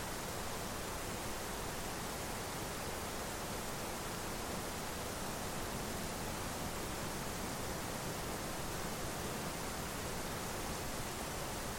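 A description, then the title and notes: A steady wash of wind-and-snow noise, an even, dense hiss that fills everything from deep rumble to bright sizzle. Nothing rises or falls across the twelve seconds; there are no gusts, distinct events or background sounds, just an unbroken, level rush. Wind and Snow White Noise. The soothing sound of snowflakes whirling towards the ground.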